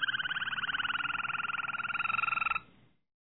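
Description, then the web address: Harz Roller canary producing one fast, evenly pulsed rolling trill that falls slightly in pitch over about two and a half seconds, then stops abruptly. "~joaopt canarios racas canto harzers"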